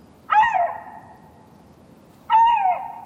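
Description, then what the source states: Eurasian lynx giving two rough, harmonic wailing calls roughly two seconds apart, each with a sudden start and a gently falling tail, over quiet background. Same male, mating season, Jura; recordist had followed its tracks for several days and it kept calling without stopping.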